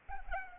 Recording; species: mosquito wingbeat signal from an infrared sensor; Culex pipiens